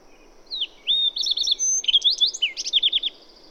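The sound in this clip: Bird song, a quick run of high whistled slurs, sweeping notes and rapid trilled phrases, lively and varied, with otherwise quiet surroundings.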